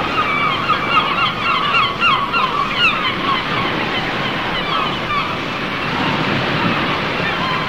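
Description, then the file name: Gulls giving many short overlapping cries, densest in the first half, against constant surf noise. "seagulls"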